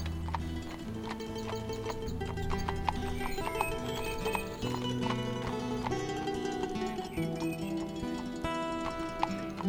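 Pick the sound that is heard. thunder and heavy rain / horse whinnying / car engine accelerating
horse whinnying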